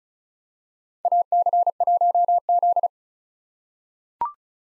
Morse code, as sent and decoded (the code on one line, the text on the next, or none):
.- -.-. .---- --..
AC1Z